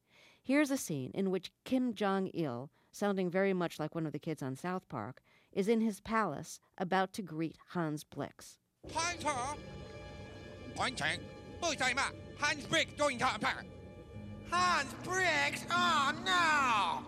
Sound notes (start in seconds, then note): 8.6 Soundbite of Team America: World Police; 8.6 foreign language spoken